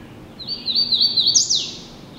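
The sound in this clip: Hooded warbler song: a clear, ringing phrase of quick slurred notes that ends in an emphatic rising then dropping flourish.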